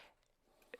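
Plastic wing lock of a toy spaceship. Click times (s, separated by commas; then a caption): 0.7 s. The plastic wing of a vintage Star Wars Imperial Shuttle toy is moved until its internal lock engages. After a quiet stretch, a single sharp snap is heard at 0.7 seconds. The snap means the wing is now locked in place and cannot be opened again without taking the toy apart.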